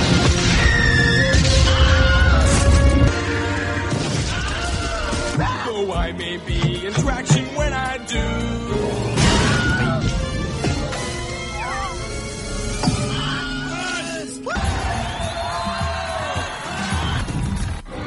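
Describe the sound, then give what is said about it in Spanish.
A man's shrill stock film scream, originally from the 1951 film Spoilers of the Plains where a man is dragged into water by a crocodile, rings out again and again, each cry rising and falling sharply in pitch over a loud, dense mix of crashes, crowd noise and music. “Desveló que el grito pertenecía originalmente a la película del año 1951, Spoilers of the Plains, y era emitido por un hombre tras ser atrapado y arrastrado al agua por un cocodrilo.”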